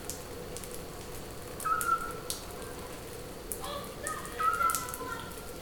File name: SCOPS OWL